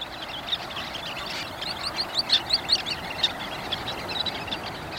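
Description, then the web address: Sanderling calls, a short cluster of thin, high chips in the middle, with scattered single notes over a constant background hiss. "Birdnote. Sanderlings"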